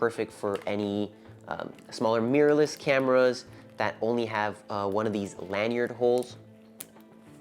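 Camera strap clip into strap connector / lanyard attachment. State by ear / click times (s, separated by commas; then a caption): seated / 6.8 s. Someone talks while converting a camera strap into a single-point harness, made for smaller mirrorless cameras that have only one lanyard hole. The strap's clip is snapped into the lanyard attachment, and it seats with a sharp click at 6.8 seconds.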